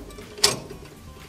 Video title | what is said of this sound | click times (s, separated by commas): 2104 PMX Campers Trail Dueller Off Road Independent Hard floor camper trailer | the leg will drop and click into place | 0.4 s